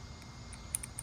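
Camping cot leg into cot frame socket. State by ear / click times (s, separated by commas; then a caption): seated / 0.7 s. A folding camping cot leg is slid down into its socket on the cot frame until a small notch engages the hole in the leg, and it clicks into place at 0.7 s. Two fainter sharp ticks follow at 0.8 s and 1.0 s over a steady low background hum, and the leg is seated.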